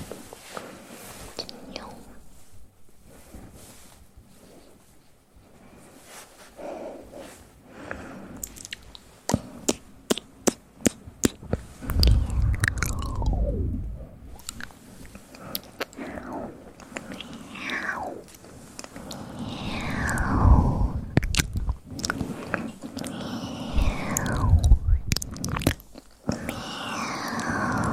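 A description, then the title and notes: Mouth sounds: after a quiet, sparse opening, a run of sharp clicks and smacks starts near ten seconds. Breathy swoops falling in pitch repeat every few seconds, mixed with wet, chewing-like smacks and low thuds that grow busier toward the end. Mouth sounds.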